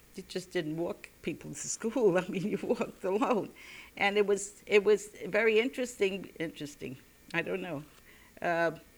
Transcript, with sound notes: you just didn't walk people to school. I mean, you walked alone. [She laughs] And it was, it was very interesting.----- Interesting, ---- I don't know.